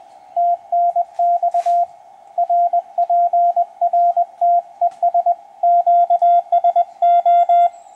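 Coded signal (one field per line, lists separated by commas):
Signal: Morse code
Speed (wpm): 20 wpm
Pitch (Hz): 700 Hz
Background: radio noise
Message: TNX RPRT ES QSO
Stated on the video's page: CW QSO on a Yaesu FT-897D running internal batteries with a solar panel, 2.4 m Clansman military whip antenna.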